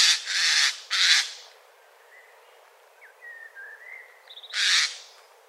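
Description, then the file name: Eurasian jay giving harsh grating screeches at start and end, with soft whistled and chirping notes from other birds in between. "Garrulus glandarius"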